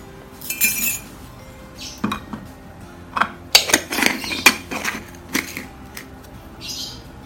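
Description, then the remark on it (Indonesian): A teaspoon of coriander goes into a glass already holding cut ginger and cinnamon, with light, bright clinks and rattles, scattered at first, then a quick cluster of sharper taps in the middle before trailing off. No one speaks. “Lalu 1 sendok teh ketumbar.”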